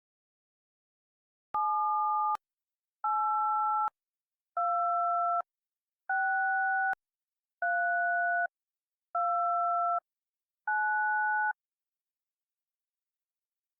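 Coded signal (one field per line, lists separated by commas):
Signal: DTMF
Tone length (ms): 870 ms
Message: 7826329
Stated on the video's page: Fictional EAS scenario recreation, not a real alert.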